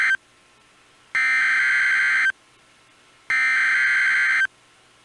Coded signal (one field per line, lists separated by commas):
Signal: Emergency Alert System (SAME) tones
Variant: header bursts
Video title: EAS Timeline Early March Twin Cities Tornadoes NOAA Weather Radio KEC65/KSTP-FM (KS95)